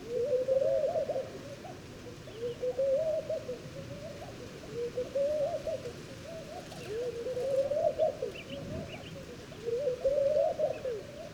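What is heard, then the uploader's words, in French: Laughing doves coo in a soft, continuous murmur, their low bubbling phrases rising and falling in repeated waves about every two to three seconds. Several birds overlap, keeping the sound dense throughout. Faint higher chirps flicker in the background. Murmures d'oasis - Mauritanie. Guelta de Elghedyia - Mauritanie - Tlp7 - Mixpre3. Le murmure des Tourterelles maillées (Streptopelia senegalensis). Il forme le fond sonore de nombreux oasis dans le désert. Au lever du jour, les mâles roucoulent et paradent durant les heures aux températures agréables.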